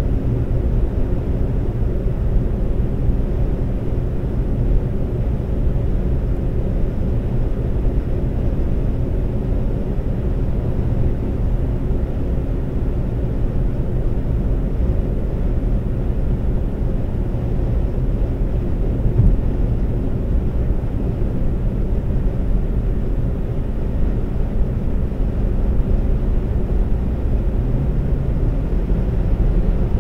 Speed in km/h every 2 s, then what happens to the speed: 134, 134, 134, 134, 134, 134, 134, 135, 135, 135, 135, 135, 134, 134, 132.
0-30 steady at about 134.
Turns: none.